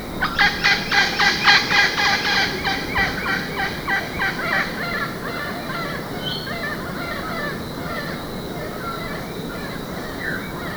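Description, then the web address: Parakeet chattering, a fast run of harsh, grating notes repeated several times a second that fade after about five seconds into a steady hiss of background noise. "Los Colores que Cantan cotorra"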